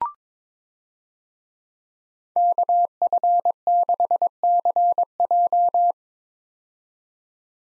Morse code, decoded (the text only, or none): KF6CJ